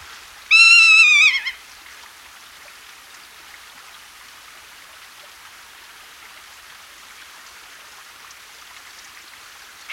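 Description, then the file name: Rough-legged buzzard giving one loud, drawn-out call lasting about a second and falling at the end, followed by quiet background hiss. "fjallvrak"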